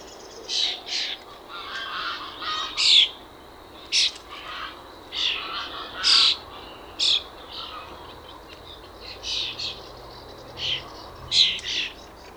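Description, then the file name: Common starling calls: short, harsh, hissing bursts repeated irregularly over a steady low background hiss. "Paprastasis Varnėnas Common Starling - Sturnus vulgaris"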